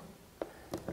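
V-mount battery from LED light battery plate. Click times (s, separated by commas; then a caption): 0.4 s, 0.7 s, 0.9 s. A V-mount battery is released from the battery plate of an LED light by pressing the release button, then slid slightly across and lifted off the V-mount plate. Sharp clicks sound at 0.4, 0.7 and 0.9 seconds over a quiet background, and the battery comes free.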